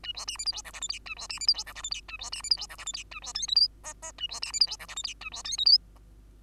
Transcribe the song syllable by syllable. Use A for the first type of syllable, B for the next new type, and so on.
A B C D E F G H I J A B C D E F G H I J A B C D E F G H I J A B K L M N N A B C D E F G H I J A B K L M N